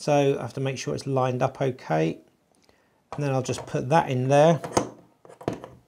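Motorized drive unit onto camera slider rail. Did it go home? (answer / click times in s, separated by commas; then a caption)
no / none. Someone talks while lining up a motorized drive unit and pushing it onto the end of a camera slider rail, where a part was removed, so that it slots into place. After a short pause, a few faint taps and scrapes of handling come near the end of the clip. Nothing has seated or locked home yet.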